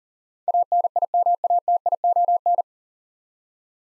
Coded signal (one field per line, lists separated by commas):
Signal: Morse code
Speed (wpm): 40 wpm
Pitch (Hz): 700 Hz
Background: none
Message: ANIMATION